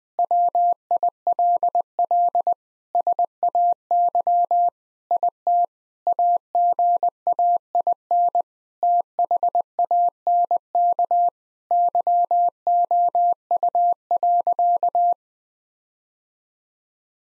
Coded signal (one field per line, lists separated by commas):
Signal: Morse code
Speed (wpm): 20 wpm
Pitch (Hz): 700 Hz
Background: none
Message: WILL SAY IT AGAIN THANK YOU.